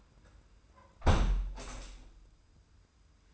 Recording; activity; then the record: daily activity, microphone in the room; close window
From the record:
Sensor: 2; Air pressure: 990.2 hPa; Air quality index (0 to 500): 202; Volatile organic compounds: 1000 ppm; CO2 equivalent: 6450 ppm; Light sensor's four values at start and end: 24/57/23/23 and 24/56/23/23